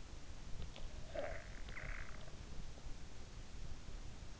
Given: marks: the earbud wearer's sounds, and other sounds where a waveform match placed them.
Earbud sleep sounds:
sounds in sleep by an in-ear microphone; snoring breath
0.67-2.57 s: snoring breath

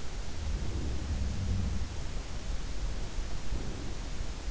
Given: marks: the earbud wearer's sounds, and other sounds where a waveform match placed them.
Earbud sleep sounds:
sounds in sleep by an in-ear microphone; breath
0.13-2.13 s: sound from someone else or the room
0.39-1.35 s: breath
3.05-4.31 s: breath

